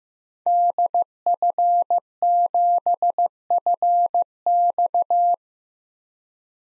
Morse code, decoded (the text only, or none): DF7FX